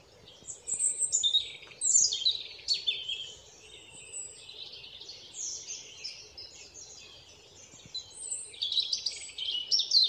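European robin delivering bright, fluting and trilling high notes in separate bursts that pause and then resume, against a low hiss.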